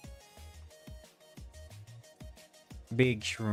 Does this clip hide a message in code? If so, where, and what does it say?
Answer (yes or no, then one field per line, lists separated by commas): no